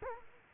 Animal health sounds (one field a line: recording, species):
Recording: mosquito wingbeat signal from an infrared sensor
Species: Culex quinquefasciatus